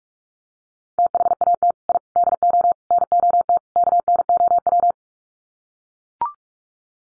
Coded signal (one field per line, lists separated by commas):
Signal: Morse code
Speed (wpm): 44 wpm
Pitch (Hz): 700 Hz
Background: none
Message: THAT I DO NOT KNOW